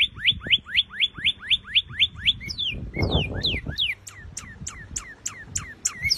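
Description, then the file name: Northern cardinal song: a rapid run of short whistled notes sliding downward, then slower, longer downslurred whistles, with a brief low rumbling noise midway. "canto do cardeal vermelho americano"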